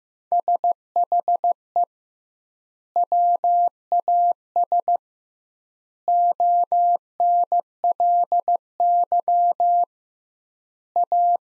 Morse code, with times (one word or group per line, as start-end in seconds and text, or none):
0.3-1.8 SHE
3.0-5.0 WAS
6.1-9.8 ONLY
11.0-11.4 A